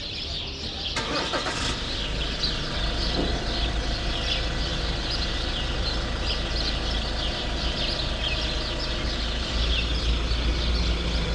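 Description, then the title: Sparrows chirping in a busy chorus of short repeated notes, partly masked by a loud, low engine rumble. Sparrows in a grove at Rue Saint-Jean Népomucène 13, Brussels, Belgium; recorded with Earsight V2 microphones in AB into a Mixpre-3. "Rue Saint-Jean Népomucène 13, 1000 Bruxelles, Belgique - Sparrows - Moineaux"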